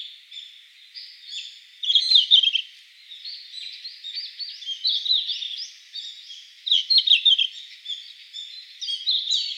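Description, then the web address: Red-flanked bluetail giving high, rapid twittering and warbled phrases in uneven bursts, some louder runs of quick notes around the middle and near the end. Recorded 14 December 2014. "birdenaga ruribitaki 141214"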